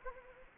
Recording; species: mosquito wingbeat signal from an infrared sensor; Anopheles arabiensis